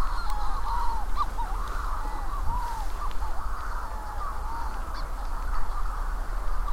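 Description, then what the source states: Manx shearwaters give rising and falling cackling cries, several birds overlapping in a continuous chorus, with constant low wind noise beneath. Many birds calling at night on Skomer Island, Wales, June 2018, before midnight under cloud with no stars; pairs calling to find each other during a shearwater census.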